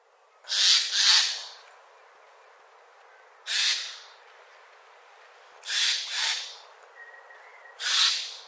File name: Garrulus glandarius